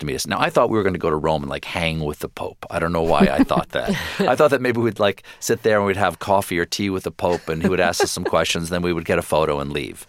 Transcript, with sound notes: Now, I thought were going to go to Rome and, like, hang with the pope. I don't know why I thought that.
(LAUGHTER)
I thought that maybe we'd, like, sit there and we'd have coffee or tea with the pope.
(Laughter).
And he would ask us some questions. Then we would get a photo and leave.